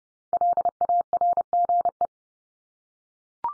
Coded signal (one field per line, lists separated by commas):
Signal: Morse code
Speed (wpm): 30 wpm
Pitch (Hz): 700 Hz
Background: none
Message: LARGE